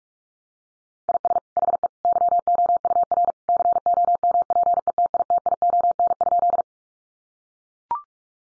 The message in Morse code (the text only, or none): IS HE YOUR COMPETITION?